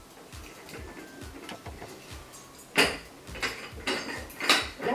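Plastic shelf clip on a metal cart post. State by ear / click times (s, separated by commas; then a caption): not seated / none. While assembling a 3-tier utility cart, a plastic clip marked "top" is pushed onto a metal cart post at shelf level. Soft rubbing and handling noises are broken by sharp plastic-on-metal knocks, the loudest near 2.8 s and 4.5 s. The clip fails to snap in, and nothing has seated or clicked yet.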